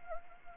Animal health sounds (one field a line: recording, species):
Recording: mosquito wingbeat signal from an infrared sensor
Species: Anopheles gambiae